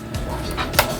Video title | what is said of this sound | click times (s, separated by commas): Dextips : Paano ayusin ang Computer -- Beeping Sound Problem -- Dell Optiplex 780 Part 1 | Hanggang sa mag-click, tumunog. Magki-click tong dalawang to. | 0.1 s, 0.8 s